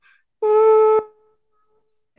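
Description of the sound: Steady buzzy hummed tone around A4, about half a second, an adult woman imitating the constant tinnitus sound in her head, first noticed in college; decades later she was diagnosed with hearing loss that includes sensitivity to certain sounds.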